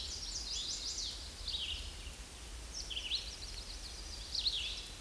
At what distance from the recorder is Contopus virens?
about 25 m